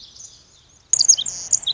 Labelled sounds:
Pacific Wren
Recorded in Sonoma County, California

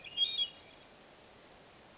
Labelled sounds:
Hermit Thrush
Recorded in Sonoma County, California

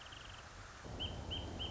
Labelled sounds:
Wrentit
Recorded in Sonoma County, California

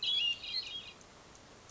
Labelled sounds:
Hermit Thrush
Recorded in Sonoma County, California

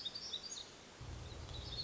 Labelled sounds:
Black-throated Gray Warbler
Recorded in Sonoma County, California

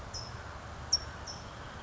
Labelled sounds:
California Towhee
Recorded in Sonoma County, California

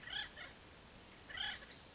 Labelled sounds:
Acorn Woodpecker
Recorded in Sonoma County, California

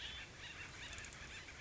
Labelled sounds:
Acorn Woodpecker
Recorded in Sonoma County, California

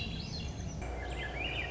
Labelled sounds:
Swainson's Thrush
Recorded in Sonoma County, California

